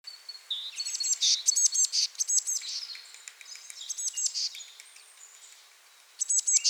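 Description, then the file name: Eurasian blue tit calls: repeated bursts of high thin notes ending in buzzy churrs, a quieter gap, then more at the end. "Cyanistes caeruleus"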